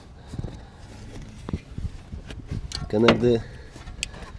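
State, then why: Seated. An electrical connector is refitted onto a new wastegate actuator on a BMW F30 328i. Someone talks over a few soft handling sounds, then a single sharp click at 4.0 s confirms the connector is seated back on.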